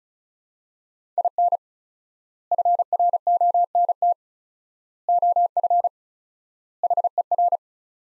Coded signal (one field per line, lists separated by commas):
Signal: Morse code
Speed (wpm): 34 wpm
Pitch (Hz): 700 Hz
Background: none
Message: IN FRONT OF HER